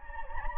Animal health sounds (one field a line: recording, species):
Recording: mosquito wingbeat signal from an infrared sensor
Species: Anopheles gambiae